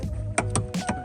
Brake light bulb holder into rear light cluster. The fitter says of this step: clicks into place done now i'll do it on the other side